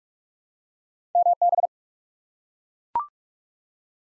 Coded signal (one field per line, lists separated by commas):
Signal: Morse code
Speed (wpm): 42 wpm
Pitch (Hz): 700 Hz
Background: none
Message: MB